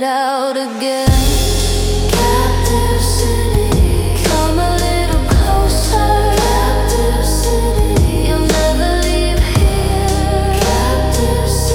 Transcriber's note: whispered / layered / seductive